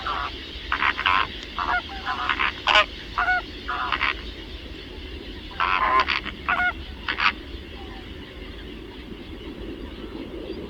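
Flamingo calls: nasal, goose-like honks in irregular clusters over a steady rushing background noise.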